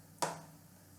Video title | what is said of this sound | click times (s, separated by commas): Ninja Professional Blender 1000 - Product Review | now it's locked into place so when you go to pour it it stays open | 0.2 s